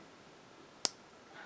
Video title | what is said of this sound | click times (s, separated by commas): My Seiko is Back! | it does snap and click into place | 0.9 s